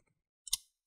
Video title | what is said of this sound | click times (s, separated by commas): How to Upgrade Storage to SSD or HDD on an HP Envy M4 M4-1050 Laptop - Step by Step✅ | that click once you hit that click you just start tightening up the screw | 0.5 s